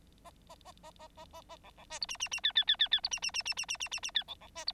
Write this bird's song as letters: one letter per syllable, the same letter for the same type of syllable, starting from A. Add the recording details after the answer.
A A A A A A A A B B C D E E E F F F F F D E E E E E E E E E F B B C D. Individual Bird9